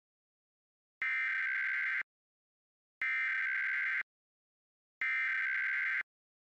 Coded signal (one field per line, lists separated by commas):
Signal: Emergency Alert System (SAME) tones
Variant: header bursts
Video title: EAS Test #1: FAIL?! | National EAS Test 2021 | WTHR-TV National EAS Test (8/11/2021)